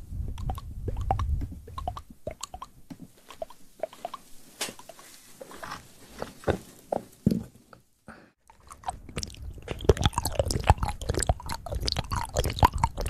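Fast mouth sounds: wet clicks, smacks and chewing-like crunches pop out in quick, irregular bursts. A low rumble fills the opening two seconds, the middle thins out with a brief silence near eight seconds, then dense, rapid clicking returns through the end.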